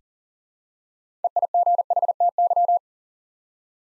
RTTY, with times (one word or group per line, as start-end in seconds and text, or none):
none